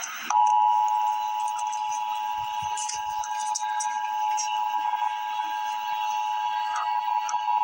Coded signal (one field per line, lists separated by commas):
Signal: Emergency Alert System (SAME) tones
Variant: 853 and 960 Hz attention tone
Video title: Emergency Alert System - Flood Warning - Apr 1, 2026 at 1:18 PM EDT